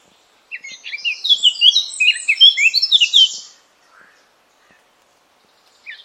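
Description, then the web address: Eurasian blackcap song, a dense tumbling warble of high scratchy and fluted notes lasting about three seconds, followed by quiet and a faint start of another phrase. "cianscape birddata Deverinetal 2025"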